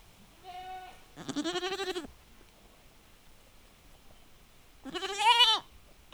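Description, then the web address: Goat bleats: a soft, short bleat runs straight into a louder, trembling one, then a pause before another strong, wavering bleat. Domestic goats in a farmyard, calling back and forth in a dialogue in the wind. "allathangok parasztudvar hazikecske kecske parbeszedaszelben"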